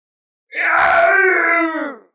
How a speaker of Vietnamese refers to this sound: Đúng lúc đó, một tiếng gào thét như tiếng dã thú vang lên.